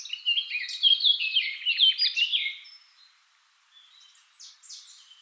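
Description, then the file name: Eurasian blackcap song: a fast, scratchy warbled phrase of chattering and whistled notes lasting over two seconds, then a few quieter high notes after a pause. "Sylvia atricapilla"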